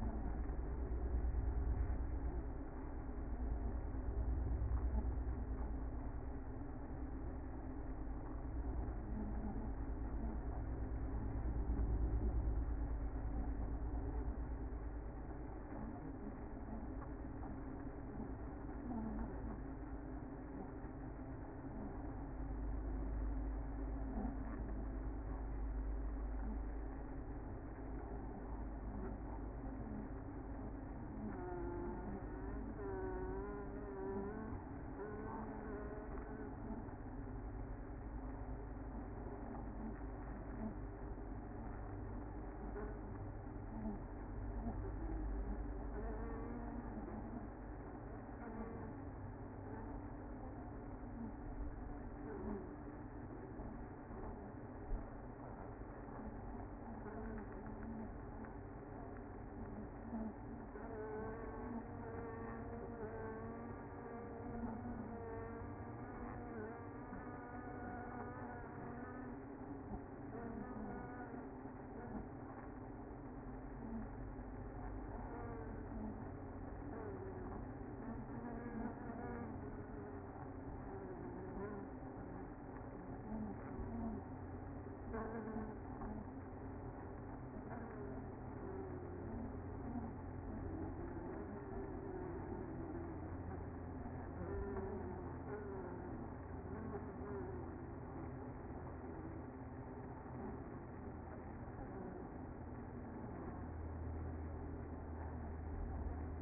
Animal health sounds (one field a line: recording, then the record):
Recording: honeybee colony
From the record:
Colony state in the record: active